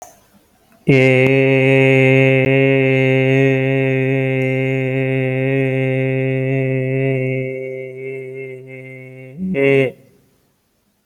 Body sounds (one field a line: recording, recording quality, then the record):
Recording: sustained vowel as in made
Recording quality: excellent, no background noise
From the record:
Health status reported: healthy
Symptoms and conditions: none ticked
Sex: male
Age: 31 years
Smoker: not ticked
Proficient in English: yes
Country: India